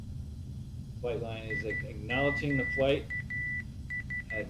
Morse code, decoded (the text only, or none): IMAS